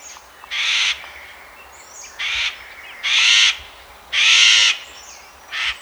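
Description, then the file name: Eurasian jay harsh screeches: rasping, noisy calls about half a second long, given five times at uneven intervals over a quiet background. "Garrulus glandarius"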